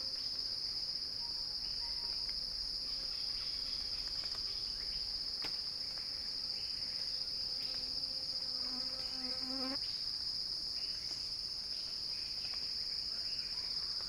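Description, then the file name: Cicada song, a steady shrill continuous drone holding one high pitch with a fainter overtone above, unbroken throughout; brief faint low tones and clicks beneath. Cicada song described as a crescendo, recorded by Axel Drioli. "Axel-Drioli Cicada-Crescendo-Sounding-Wild"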